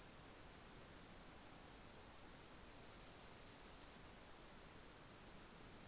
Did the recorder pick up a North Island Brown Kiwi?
no